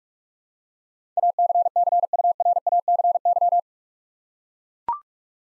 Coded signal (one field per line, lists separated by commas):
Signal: Morse code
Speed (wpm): 42 wpm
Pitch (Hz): 700 Hz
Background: none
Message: ACCURACY